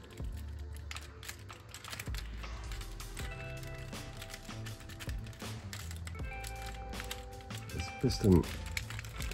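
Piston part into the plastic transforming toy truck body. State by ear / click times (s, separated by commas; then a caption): seated / 8.8 s. While someone talks over background music, the transmission piston part of a plastic Transformers Grapple Masterpiece KO MP-35 transforming toy robot figure is pushed back into position in the toy truck body. Soft handling clicks lead up to a sharp snap at 8.8 s, when the piston part seats in place.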